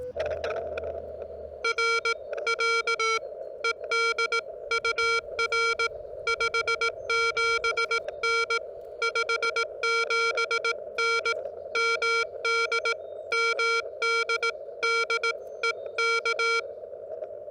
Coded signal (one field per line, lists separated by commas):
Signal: Morse code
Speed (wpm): 18 wpm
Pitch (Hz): 1380 Hz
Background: none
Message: R R ED UR 57N 57N MD MD DE K